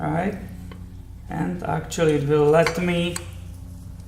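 A clutch release (throwout) bearing and lever assembly is handled near its mount while someone talks, with light metallic clinks and a faint sharp tick around 0.7 s. Nothing has seated or clicked onto the mount yet.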